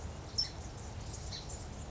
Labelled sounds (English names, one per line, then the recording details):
California Towhee
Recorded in Sonoma County, California